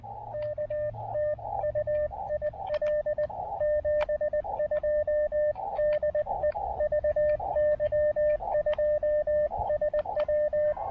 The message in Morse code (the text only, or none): KT UIL 72 DE VY2SW